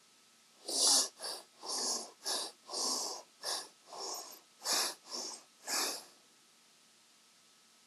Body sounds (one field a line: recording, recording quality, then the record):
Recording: deep breathing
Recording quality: excellent, no background noise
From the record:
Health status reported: healthy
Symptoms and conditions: none ticked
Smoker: not ticked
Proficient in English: yes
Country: India